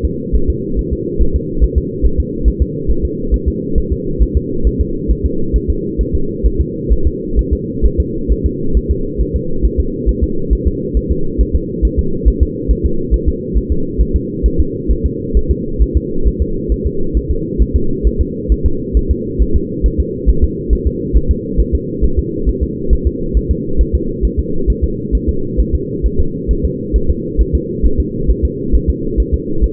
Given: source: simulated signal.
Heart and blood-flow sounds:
fetal heart sounds
0.05 s: S2
0.35 s: S1
0.50 s: S2
0.79 s: S1
0.93 s: S2
1.22 s: S1
1.36 s: S2
1.64 s: S1
1.78 s: S2
2.06 s: S1
2.20 s: S2
2.48 s: S1
2.62 s: S2
2.91 s: S1
3.05 s: S2
3.34 s: S1
3.48 s: S2
3.78 s: S1
3.92 s: S2
4.22 s: S1
4.37 s: S2
4.67 s: S1
4.81 s: S2
5.11 s: S1
5.26 s: S2
5.56 s: S1
5.70 s: S2
6.01 s: S1
6.15 s: S2
6.46 s: S1
6.61 s: S2
6.93 s: S1
7.07 s: S2
7.39 s: S1
7.53 s: S2
7.86 s: S1
8.00 s: S2
8.32 s: S1
8.46 s: S2
8.77 s: S1
8.91 s: S2
9.21 s: S1
9.36 s: S2
9.65 s: S1
9.80 s: S2
10.09 s: S1
10.24 s: S2
10.53 s: S1
10.67 s: S2
10.97 s: S1
11.12 s: S2
11.41 s: S1
11.56 s: S2
11.85 s: S1
11.99 s: S2
12.28 s: S1
12.43 s: S2
12.71 s: S1
12.85 s: S2
13.14 s: S1
13.28 s: S2
13.57 s: S1
13.72 s: S2
14.01 s: S1
14.16 s: S2
14.46 s: S1
14.60 s: S2
14.91 s: S1
15.06 s: S2
15.37 s: S1
15.51 s: S2
15.82 s: S1
15.97 s: S2
16.27 s: S1
16.42 s: S2
16.72 s: S1
16.87 s: S2
17.17 s: S1
17.31 s: S2
17.62 s: S1
17.76 s: S2
18.07 s: S1
18.21 s: S2
18.52 s: S1
18.66 s: S2
18.97 s: S1
19.11 s: S2
19.42 s: S1
19.56 s: S2
19.86 s: S1
20.00 s: S2
20.29 s: S1
20.44 s: S2
20.73 s: S1
20.87 s: S2
21.16 s: S1
21.31 s: S2
21.60 s: S1
21.75 s: S2
22.04 s: S1
22.19 s: S2
22.49 s: S1
22.63 s: S2
22.93 s: S1
23.07 s: S2
23.37 s: S1
23.51 s: S2
23.81 s: S1
23.95 s: S2
24.25 s: S1
24.39 s: S2
24.70 s: S1
24.84 s: S2
25.15 s: S1
25.29 s: S2
25.60 s: S1
25.75 s: S2
26.06 s: S1
26.20 s: S2
26.51 s: S1
26.65 s: S2
26.96 s: S1
27.10 s: S2
27.41 s: S1
27.55 s: S2
27.86 s: S1
28.00 s: S2
28.31 s: S1
28.45 s: S2
28.75 s: S1
28.90 s: S2
29.20 s: S1
29.34 s: S2
29.64 s: S1
From the record:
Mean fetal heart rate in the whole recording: 135 bpm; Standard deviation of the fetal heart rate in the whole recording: 3 bpm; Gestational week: 34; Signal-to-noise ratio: -8.1 dB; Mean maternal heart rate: 72 bpm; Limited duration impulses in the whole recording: absent

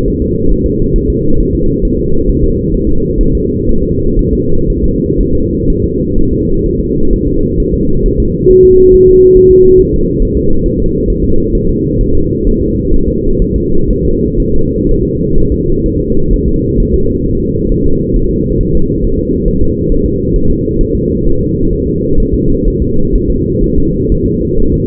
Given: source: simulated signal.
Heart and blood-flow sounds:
fetal heart sounds
0.08 s: S1
0.22 s: S2
0.52 s: S1
0.66 s: S2
0.96 s: S1
1.10 s: S2
1.41 s: S1
1.55 s: S2
1.85 s: S1
1.99 s: S2
2.29 s: S1
2.44 s: S2
2.74 s: S1
2.89 s: S2
3.21 s: S1
3.35 s: S2
3.69 s: S1
3.83 s: S2
4.19 s: S1
4.33 s: S2
4.70 s: S1
4.84 s: S2
5.20 s: S1
5.35 s: S2
5.70 s: S1
5.84 s: S2
6.18 s: S1
6.33 s: S2
6.66 s: S1
6.80 s: S2
7.13 s: S1
7.28 s: S2
7.60 s: S1
7.74 s: S2
8.06 s: S1
8.20 s: S2
8.51 s: S1
8.65 s: S2
8.94 s: S1
9.08 s: S2
9.37 s: S1
9.51 s: S2
9.80 s: S1
9.94 s: S2
10.22 s: S1
10.37 s: S2
10.66 s: S1
10.80 s: S2
11.10 s: S1
11.24 s: S2
11.55 s: S1
11.70 s: S2
12.01 s: S1
12.15 s: S2
12.47 s: S1
12.61 s: S2
12.94 s: S1
13.08 s: S2
13.42 s: S1
13.56 s: S2
13.90 s: S1
14.05 s: S2
14.40 s: S1
14.54 s: S2
14.89 s: S1
15.03 s: S2
15.38 s: S1
15.52 s: S2
15.86 s: S1
16.00 s: S2
16.33 s: S1
16.48 s: S2
16.80 s: S1
16.94 s: S2
17.26 s: S1
17.40 s: S2
17.72 s: S1
17.86 s: S2
18.17 s: S1
18.31 s: S2
18.61 s: S1
18.75 s: S2
19.04 s: S1
19.19 s: S2
19.48 s: S1
19.62 s: S2
19.92 s: S1
20.06 s: S2
20.36 s: S1
20.50 s: S2
20.81 s: S1
20.95 s: S2
21.27 s: S1
21.41 s: S2
21.73 s: S1
21.87 s: S2
22.20 s: S1
22.34 s: S2
22.68 s: S1
22.82 s: S2
23.15 s: S1
23.30 s: S2
23.64 s: S1
23.78 s: S2
24.12 s: S1
24.26 s: S2
24.60 s: S1
24.74 s: S2
From the record:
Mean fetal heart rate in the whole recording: 130 bpm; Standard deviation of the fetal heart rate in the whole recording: 4 bpm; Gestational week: 38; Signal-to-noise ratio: -17.7 dB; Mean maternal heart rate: 72 bpm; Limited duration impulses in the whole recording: present

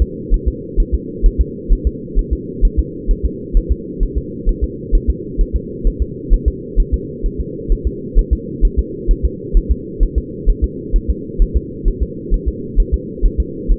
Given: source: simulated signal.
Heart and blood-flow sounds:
fetal heart sounds
0.02 s: S2
0.34 s: S1
0.48 s: S2
0.80 s: S1
0.94 s: S2
1.26 s: S1
1.41 s: S2
1.73 s: S1
1.87 s: S2
2.19 s: S1
2.33 s: S2
2.65 s: S1
2.79 s: S2
3.11 s: S1
3.26 s: S2
3.57 s: S1
3.72 s: S2
4.03 s: S1
4.18 s: S2
4.49 s: S1
4.64 s: S2
4.95 s: S1
5.10 s: S2
5.41 s: S1
5.56 s: S2
5.87 s: S1
6.02 s: S2
6.34 s: S1
6.48 s: S2
6.80 s: S1
6.94 s: S2
7.26 s: S1
7.41 s: S2
7.72 s: S1
7.87 s: S2
8.19 s: S1
8.33 s: S2
8.65 s: S1
8.79 s: S2
9.11 s: S1
9.25 s: S2
9.57 s: S1
9.72 s: S2
10.03 s: S1
10.18 s: S2
10.50 s: S1
10.64 s: S2
10.96 s: S1
11.10 s: S2
11.42 s: S1
11.56 s: S2
11.88 s: S1
12.02 s: S2
12.34 s: S1
12.48 s: S2
12.80 s: S1
12.94 s: S2
13.26 s: S1
13.40 s: S2
13.72 s: S1
From the record:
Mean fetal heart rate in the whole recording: 130 bpm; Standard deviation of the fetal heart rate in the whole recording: 2 bpm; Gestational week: 38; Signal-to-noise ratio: -4.1 dB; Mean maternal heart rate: no maternal heart sound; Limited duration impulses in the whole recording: absent

